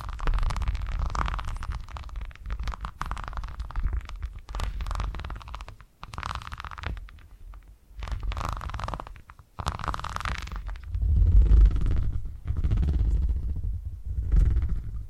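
Purring triggers rumble in low, dense bursts that swell and fade every second or two, with short quiet gaps near 6 and 9.5 seconds. A softer hissy rasp rides on top, and after 11 seconds the rumbling grows heavier and more continuous.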